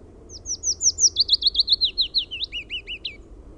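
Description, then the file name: Willow warbler singing one flowing phrase of many quick, clear notes that slide gently downward and end in a few lower slurred notes, over a faint low rumble. "PAJULINTU"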